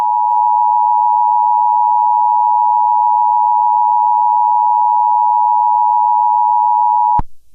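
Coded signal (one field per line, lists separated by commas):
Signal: Emergency Alert System (SAME) tones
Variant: 853 and 960 Hz attention tone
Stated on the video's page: Fictional scenario.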